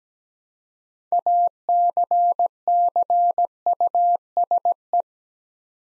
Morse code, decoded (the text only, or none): ACCUSE